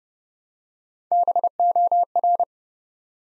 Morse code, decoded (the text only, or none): BOR